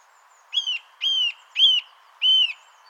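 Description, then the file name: Eurasian nuthatch repeating four clear, slightly arched whistled notes at an even pace. "Sitta europaea"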